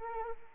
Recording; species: mosquito wingbeat signal from an infrared sensor; Anopheles arabiensis